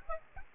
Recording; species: mosquito wingbeat signal from an infrared sensor; Aedes albopictus